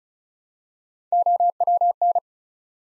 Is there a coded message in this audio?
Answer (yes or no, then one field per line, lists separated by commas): yes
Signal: Morse code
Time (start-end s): 1.1-2.2 s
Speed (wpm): 36 wpm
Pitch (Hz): 700 Hz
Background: none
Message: OWN